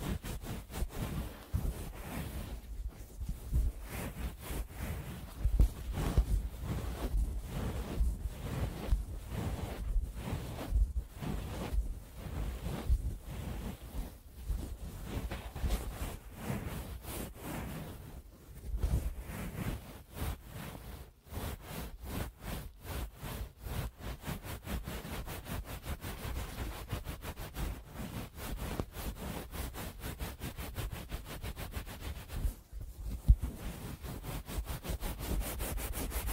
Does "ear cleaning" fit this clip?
yes